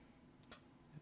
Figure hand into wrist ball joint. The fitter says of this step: i can pop it back in and that's really nice